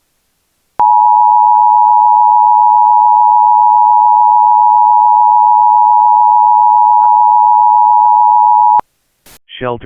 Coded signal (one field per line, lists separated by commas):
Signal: Emergency Alert System (SAME) tones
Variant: 853 and 960 Hz attention tone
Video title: EAS | Laboratory Incident in Lake Charles, Louisiana